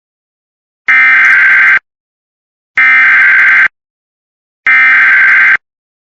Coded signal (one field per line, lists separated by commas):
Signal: Emergency Alert System (SAME) tones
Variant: header bursts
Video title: FFW (EAS 74) (please read the description)